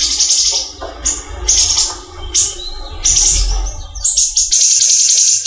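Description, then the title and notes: Leafbird song of high, scratchy warbled phrases and quick chattering notes, with a low hum beneath that stops shortly before the end. Local name cucak ijo, described as the small-leaf (daun kecil) type. "CCKIJDaunKecil. Cucak Ijo"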